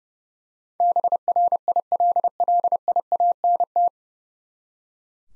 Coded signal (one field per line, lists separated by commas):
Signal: Morse code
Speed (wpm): 32 wpm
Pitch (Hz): 700 Hz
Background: none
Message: BRILLIANT